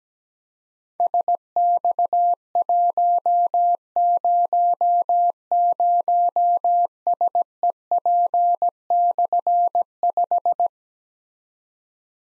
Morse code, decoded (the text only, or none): SX100SEP/5